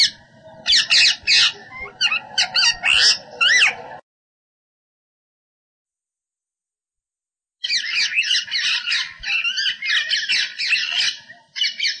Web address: Rose-ringed Parakeet